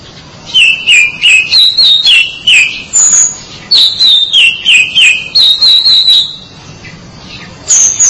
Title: Suara Kicauan Burung Kacer Durasi Panjang